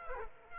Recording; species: mosquito wingbeat signal from an infrared sensor; Aedes aegypti